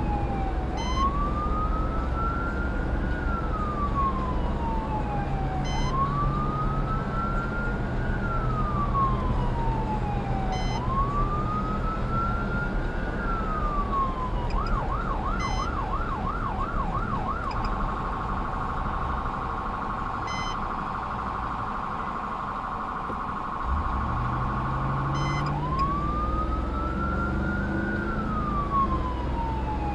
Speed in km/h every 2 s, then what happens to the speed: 82, 89, 92, 93, 93, 93, 92, 85, 74, 55, 31, 18, 32, 48, 61.
0-5 speeds up to 93. 5-12 steady at about 93. 12-21 brakes to 18. 21-28 speeds up to 61.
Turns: none.